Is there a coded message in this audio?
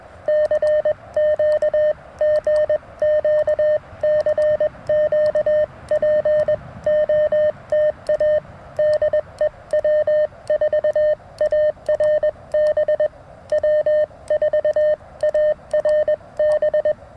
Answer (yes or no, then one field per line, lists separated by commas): yes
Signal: Morse code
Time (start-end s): 0.3-16.9 s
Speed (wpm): 21 wpm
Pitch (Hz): 610 Hz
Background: none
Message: CQ GQ CQ POTA DE W4ARB W4ARB